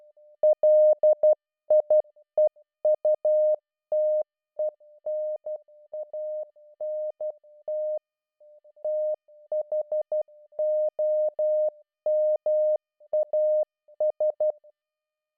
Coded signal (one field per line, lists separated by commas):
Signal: Morse code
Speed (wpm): 12 wpm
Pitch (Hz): 610 Hz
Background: music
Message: LIEUTENANT THOMAS